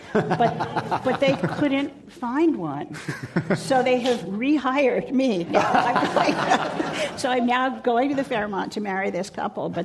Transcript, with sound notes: but they couldn’t find one so they have rehired me.
[Laughter]
So I’m now going to the Fairmont to marry this couple